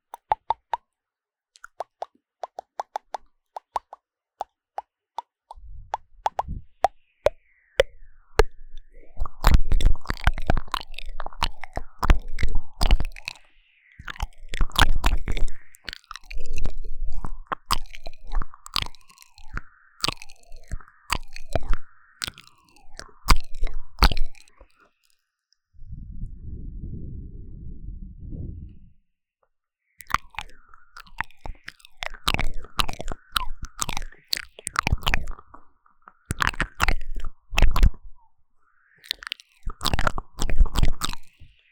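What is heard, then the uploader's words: Mouth sounds: quick wet clicks and pops at first, then dense bursts of smacking and chewing-like crunches from about six seconds on. Around 26 to 29 seconds a low muffled hum replaces them before the clicking and smacking return. 口腔音慎入!! | 3Dio Mouth Sounds | NoTalking.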